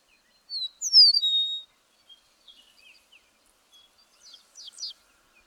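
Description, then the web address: Bird song: a loud high whistled phrase with sliding notes, followed by scattered soft chirps and a closing burst of quick high notes. "birdsong 162"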